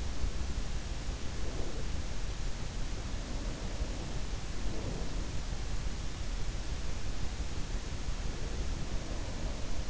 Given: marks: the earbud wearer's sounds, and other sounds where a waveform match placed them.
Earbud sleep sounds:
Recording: sounds in sleep by an in-ear microphone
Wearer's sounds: breath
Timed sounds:
0.00-1.89 s: breath
3.01-5.22 s: breath

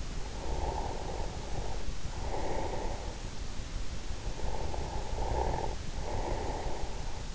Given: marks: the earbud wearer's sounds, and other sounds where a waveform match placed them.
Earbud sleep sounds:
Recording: sounds in sleep by an in-ear microphone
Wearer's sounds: breath, snoring breath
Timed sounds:
0.20-3.50 s: breath
4.24-7.35 s: snoring breath

